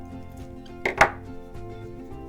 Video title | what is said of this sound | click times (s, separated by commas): LEFT HAND FIne Chandelier Crochet Earrings Easy Beginner Project plus Chart | you hear a click and they're both joined and it's smooth there | 0.9 s, 1.0 s